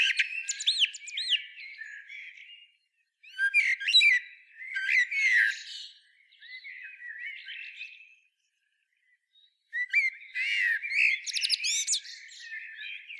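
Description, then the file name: Eurasian blackbird singing in bursts of sharp chirps, squeaks and twittering notes, separated by short silent gaps. "Turdus merula"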